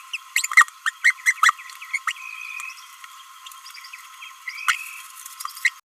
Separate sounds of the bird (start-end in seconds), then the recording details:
0.56-0.68, 0.85-0.92, 1.04-1.14, 1.26-1.33, 1.41-1.52, 1.94-1.98, 2.07-2.12, 4.48-4.51. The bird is a male. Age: 29 days. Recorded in a nest box in Venezuela. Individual 17B31A1